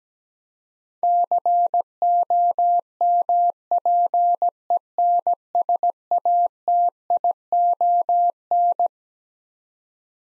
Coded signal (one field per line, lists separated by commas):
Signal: Morse code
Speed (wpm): 17 wpm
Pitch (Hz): 700 Hz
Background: none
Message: COMPENSATION